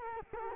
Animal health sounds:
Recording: mosquito wingbeat signal from an infrared sensor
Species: Culex quinquefasciatus

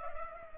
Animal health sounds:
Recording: mosquito wingbeat signal from an infrared sensor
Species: Culex pipiens

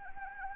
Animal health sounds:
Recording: mosquito wingbeat signal from an infrared sensor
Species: Anopheles arabiensis

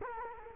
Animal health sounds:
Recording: mosquito wingbeat signal from an infrared sensor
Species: Culex quinquefasciatus

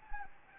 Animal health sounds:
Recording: mosquito wingbeat signal from an infrared sensor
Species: Anopheles gambiae

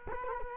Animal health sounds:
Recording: mosquito wingbeat signal from an infrared sensor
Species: Culex quinquefasciatus

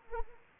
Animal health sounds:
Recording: mosquito wingbeat signal from an infrared sensor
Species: Anopheles arabiensis

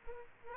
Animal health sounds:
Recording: mosquito wingbeat signal from an infrared sensor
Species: Culex quinquefasciatus

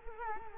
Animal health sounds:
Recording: mosquito wingbeat signal from an infrared sensor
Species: Culex quinquefasciatus

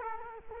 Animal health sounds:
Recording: mosquito wingbeat signal from an infrared sensor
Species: Culex quinquefasciatus

